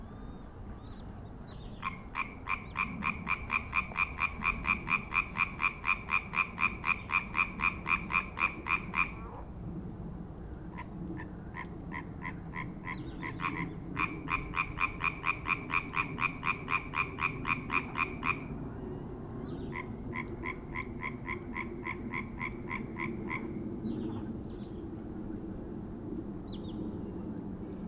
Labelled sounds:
Common Tree Frog call
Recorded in the wild
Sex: male
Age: adult
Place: Schwedt/Oder, Nationalpark Unteres Odertal, Brandenburg, DE
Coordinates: 53.0825, 14.331
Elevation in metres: 1
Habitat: wetland
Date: 2014-05-05 21:47
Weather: clear, 6°C, almost windless
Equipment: Sound Devices 702, Sennheiser MKH 70, Rycote Windschutz
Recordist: Frommolt, Karl-Heinz

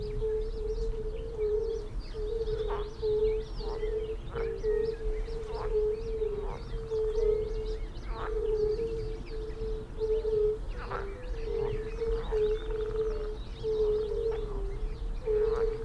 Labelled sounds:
Fire-Bellied Toad
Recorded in the wild
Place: Linum, Brandenburg, DE
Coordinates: 52.76, 12.88
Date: 1995-06-03 19:15
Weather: heiter, Luft 15,3°C, Wasser 18,5°C
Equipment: Marantz CP 430, Sennheiser ME 80, Kopie Uher 4000 Report Monitor
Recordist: Tembrock, Günter

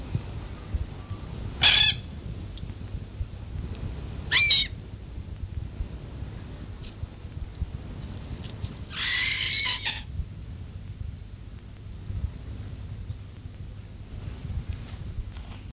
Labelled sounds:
Red-tailed Black Cockatoo call
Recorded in captivity
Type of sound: call
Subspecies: banksi
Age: adult
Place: Zoo Berlin, Berlin, DE
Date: 2005-09-01 16:13
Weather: sonnig, 24°C
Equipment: Panasonic RQ-2102, Sennheiser ME 80, Kopie Uher 4000 Report Monitor
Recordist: Tembrock, Günter
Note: Banks-Rabenkakadu (C.banksii): drei Kurzlaute

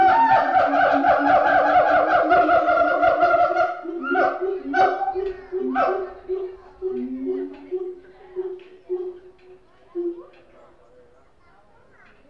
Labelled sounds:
Pileated Gibbon
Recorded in captivity
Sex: female
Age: adult
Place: Zoo Berlin, Berlin, DE
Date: 1988-08-28
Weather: bedeckt, 18-20°C
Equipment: Sony WM-D6C, Sony ECM-939 LT, Kopie Tesla B 116 Stereo
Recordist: Tembrock, Günter

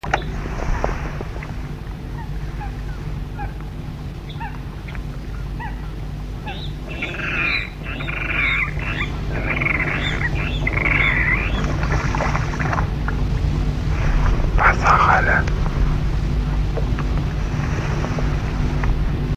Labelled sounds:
Water Rail call
Eurasian Coot
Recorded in the wild
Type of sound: call
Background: Fulica atra
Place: Schelldorfer See, Altmark, Sachsen-Anhalt, DE
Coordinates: 52.47, 11.9542
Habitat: wetland
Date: 1965-07-04 22:00
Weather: keine Angabe
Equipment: Uher 4000 Report-S, Kopie BG 26/1
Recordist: Lippert, Wolfgang
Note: "Quieken". Am Anfang Rufe eines Blesshuhns

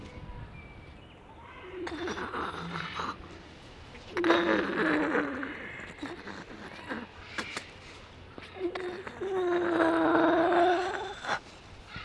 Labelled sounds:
Grey Seal
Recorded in captivity
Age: juvenile
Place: Zoo Rostock, Mecklenburg-Vorpommern, DE
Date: 1966-05-24 14:30
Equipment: Uher 4200 Report Monitor, Sennheiser MD 421, Transistorverstärker 2
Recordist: Tembrock, Günter
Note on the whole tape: Jungtier: Laute während der Pfleger "am Bauch krault". Im Zoo am 29.1.1966 geborenen und anfangs von der Mutter aufgezogen. Abstand ca. 50 cm. Aufnahmen zwichen 14.30 und 16.00 Uhr

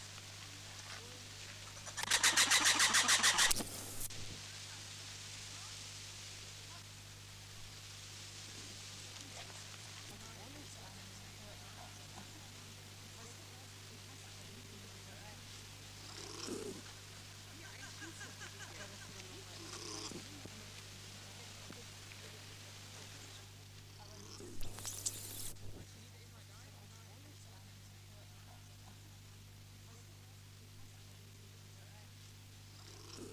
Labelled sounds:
Red Ruffed Lemur call
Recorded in captivity
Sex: group
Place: Tierpark Berlin, Berlin, DE
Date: 2006-09-14 15:45
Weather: sonnig, 25°C
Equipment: Grundig CR 110, Sennheiser ME 80, Kopie Uher 4000 Report Monitor
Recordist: Tembrock, Günter

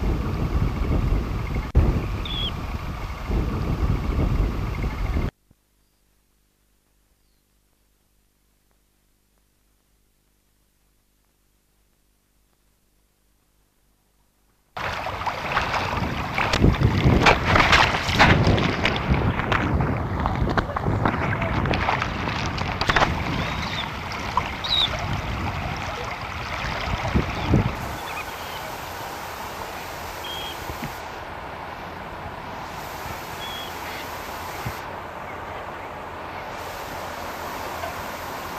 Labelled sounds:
Dunlin call
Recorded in the wild
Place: Krombachtalsperre, DE
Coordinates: 50.6217, 8.12722
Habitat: Wetland
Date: 1963-10-12
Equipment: Uher Report 4000, AKG D190
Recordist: Krey, Winfried

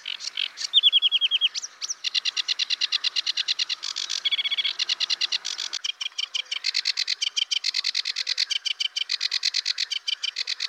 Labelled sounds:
Sedge Warbler song
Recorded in the wild
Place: Braslawskiye, BY
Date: 2005-05-18
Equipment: Minidisc Sony MZ-R35, Telinga DAT, Telinga-Parabolspiegel
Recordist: Schwarz, Dieter

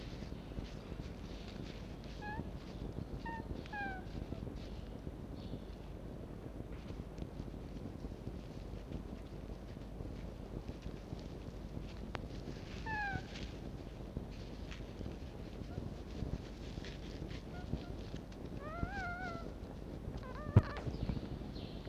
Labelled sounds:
Red Fox
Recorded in captivity
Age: juvenile
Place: Zoologisches Institut der HUB, Berlin, DE
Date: 1952-04-20 14:35
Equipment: Elmetra
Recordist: Tembrock, Günter
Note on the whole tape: Mucki-Welpen: Einschlaflaut. Recht gute Aufnahmequalität

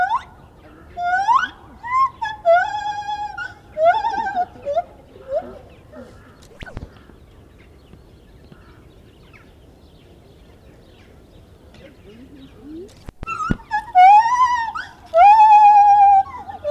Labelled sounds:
Lar Gibbon song
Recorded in captivity
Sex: male
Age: adult
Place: Tierpark Berlin, Berlin, DE
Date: 1974-01-13 11:35
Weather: sonnig, ca. 5°C
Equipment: Uher 4200 Report Stereo, Sennheiser MD 421, Verstärker
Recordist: Tembrock, Günter

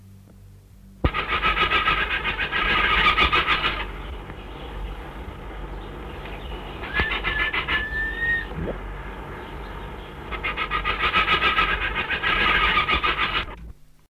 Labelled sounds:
Great Egret call
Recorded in captivity
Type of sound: call
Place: Zoo Gelsenkirchen, Nordrhein-Westfalen, DE
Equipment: Halbspur, 9,5 cm/s
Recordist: Lütgens, Hans
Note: Zwei streiten sich

